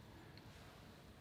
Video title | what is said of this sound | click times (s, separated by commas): EXCLUSIVE ALL THREE FROM DOLCE AND GABBANA | You can pick it up right here, it clicks into place. | 0.4 s